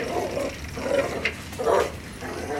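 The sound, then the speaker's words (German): A dog growls and snarls at a man's leg outdoors, uphill against a headwind, in a few rough, rumbling bursts with brief pauses between them, one short sharper sound in the middle, and no voices. “Der Hund macht sich an Lämmles Bein zu schaffen.”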